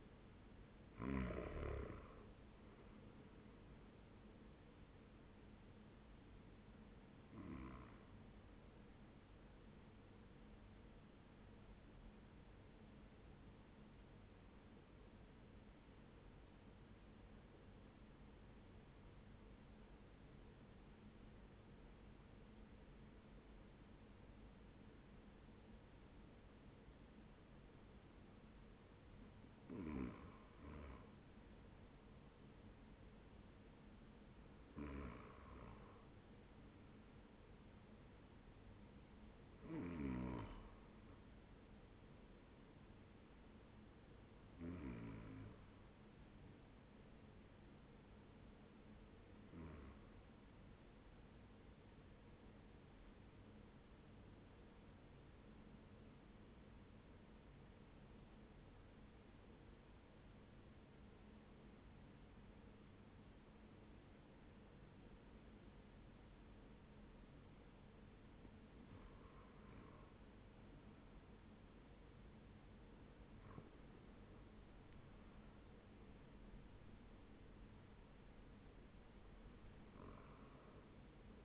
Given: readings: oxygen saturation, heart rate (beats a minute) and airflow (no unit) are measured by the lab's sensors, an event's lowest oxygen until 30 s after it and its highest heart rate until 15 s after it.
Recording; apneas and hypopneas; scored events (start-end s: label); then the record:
breathing in sleep by a voice recorder at the bedside; 2
12.00-31.10 s: hypopnea (N1, oxygen 97% highest, then 93% lowest, heart rate 76 at the start, 76 highest)
53.00-72.50 s: hypopnea (N1, oxygen 96% highest, then 93% lowest, heart rate 71 at the start, 81 highest)
From the record:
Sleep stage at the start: N1 (lightest sleep); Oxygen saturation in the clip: 80 to 97%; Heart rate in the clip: 69 to 93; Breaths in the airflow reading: 12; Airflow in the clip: -8.2 to 10.7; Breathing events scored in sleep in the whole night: 131 in 7.2 hours asleep